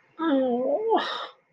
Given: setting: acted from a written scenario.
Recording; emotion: vocal sound without words; disappointment